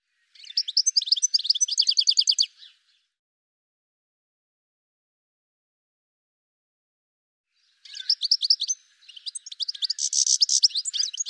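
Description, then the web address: Bird song: two bursts of rapid, high chirping notes in quick series, one early and one later after a long silent gap. "Deverinetal 2025 Bird Ca Ca Ca Ca"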